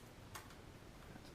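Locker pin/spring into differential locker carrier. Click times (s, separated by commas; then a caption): 0.4 s. During an Aussie Locker install in a Jeep 8.8 differential, a greased pin and spring are pushed into the locker assembly inside the differential carrier. One short, sharp click sounds at 0.4 s over a quiet background, and the pin is seated.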